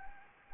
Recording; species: mosquito wingbeat signal from an infrared sensor; Anopheles gambiae